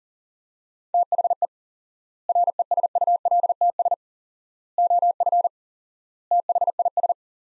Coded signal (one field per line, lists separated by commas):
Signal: Morse code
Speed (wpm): 40 wpm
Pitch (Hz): 700 Hz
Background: none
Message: THE RESULTS OF THIS